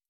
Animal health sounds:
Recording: hydrophone in a shrimp aquaculture tank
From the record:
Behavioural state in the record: stressed

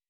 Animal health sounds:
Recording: hydrophone in a shrimp aquaculture tank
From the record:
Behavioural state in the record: weakened

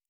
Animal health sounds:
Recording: hydrophone in a shrimp aquaculture tank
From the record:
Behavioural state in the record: normal

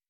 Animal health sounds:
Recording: hydrophone in a shrimp aquaculture tank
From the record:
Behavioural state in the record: weakened

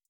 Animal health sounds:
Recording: hydrophone in a shrimp aquaculture tank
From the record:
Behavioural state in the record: feeding

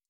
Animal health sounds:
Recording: hydrophone in a shrimp aquaculture tank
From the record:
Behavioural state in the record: stressed

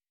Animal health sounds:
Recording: hydrophone in a shrimp aquaculture tank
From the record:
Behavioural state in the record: weakened

